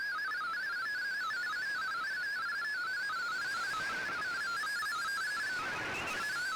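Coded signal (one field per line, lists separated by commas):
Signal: multi-tone FSK (Olivia or MFSK type)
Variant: MFSK32 or MFSK64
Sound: fast warbling single tone hopping between many close pitches, continuous, over hiss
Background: radio static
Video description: Here is my decode of the Shortwave Radiogram broadcast today on 15770Khz shortwave radio at 1300UTC in MFSK32 and 64 with 10 SSTV images.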